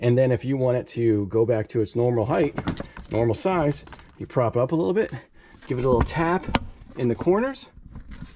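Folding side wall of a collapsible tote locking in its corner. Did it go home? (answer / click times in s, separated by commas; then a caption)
no / none. Someone talks while propping up a collapsed RUX 70L tote and giving it a little tap in the corners so its folding side wall can lock back at full height. Two brief, faint sounds occur near 8.0 s and 8.1 s, but the clip ends before the wall goes home, so nothing has clicked or seated yet.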